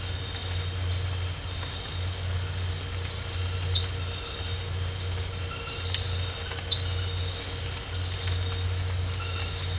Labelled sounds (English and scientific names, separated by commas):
none